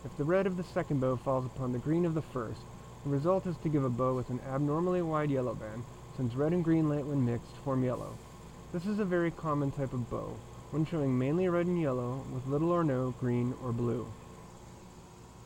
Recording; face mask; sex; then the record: reading aloud; surgical mask; male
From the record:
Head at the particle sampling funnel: turned sideways, cheek in front of it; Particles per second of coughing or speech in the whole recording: 1.54